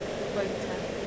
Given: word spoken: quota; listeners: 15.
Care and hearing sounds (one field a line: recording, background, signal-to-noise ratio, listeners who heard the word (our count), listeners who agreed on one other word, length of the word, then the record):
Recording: one English word in noise, from a listening test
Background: speech-shaped noise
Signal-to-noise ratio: -4.0 dB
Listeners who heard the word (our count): 1 of 15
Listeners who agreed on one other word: 7 of 15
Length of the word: 0.67 s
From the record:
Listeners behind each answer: 7, 2, 1, 1, 1, 1, 1, 1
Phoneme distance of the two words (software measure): 17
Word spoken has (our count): 2 syllables, 5 phonemes, stress on syllable 1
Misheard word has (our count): 2 syllables, 4 phonemes, stress on syllable 1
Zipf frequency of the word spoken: 3.41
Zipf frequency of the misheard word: 3.15